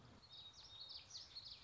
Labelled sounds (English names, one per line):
Common Yellowthroat